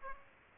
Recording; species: mosquito wingbeat signal from an infrared sensor; Aedes aegypti